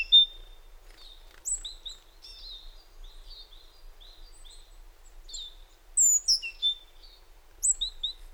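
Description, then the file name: Great tit calls: short high chirps and a few sharp downward-sweeping notes, scattered irregularly with quiet gaps between them. "Parus major"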